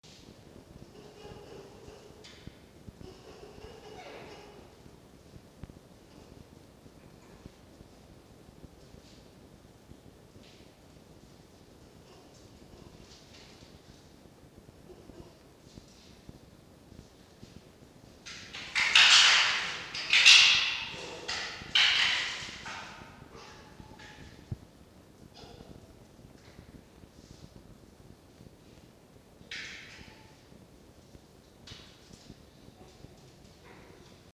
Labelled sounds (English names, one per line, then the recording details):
Red Fox
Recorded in captivity
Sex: diverse
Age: diverse
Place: Zoologisches Institut der HUB, Berlin, DE
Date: 1952-09-18 19:20
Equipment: Elmetra
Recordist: Tembrock, Günter
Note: Toni: helles Keckern (gegen Mucki); Mucki: Angstwinseln